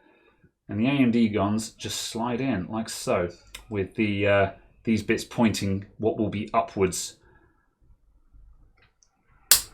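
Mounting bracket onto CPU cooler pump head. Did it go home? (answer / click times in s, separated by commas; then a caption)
yes / 9.5 s. An AMD mounting bracket is slid onto a CPU cooler pump head with its tabs pointing upward while someone talks. After a faint tick at about 9.0 s, the bracket snaps into place with a sharp, loud click at 9.5 s, and it is seated.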